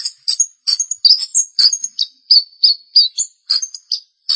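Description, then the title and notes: Long-tailed shrike song of rapid high chirps and slurred whistled notes, closely spaced, some with harsh rasping edges. "Pentet 201703. Suara burung pentet"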